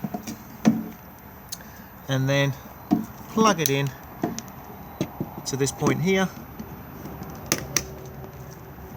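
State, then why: Seated. A submersible water pump's plug is pushed into the water inlet socket of an Adria Action 361 LT caravan while someone talks, with some handling knocks along the way. Two sharp clicks at 7.5 s and 7.8 s mark the plug locking into the socket, fully seated.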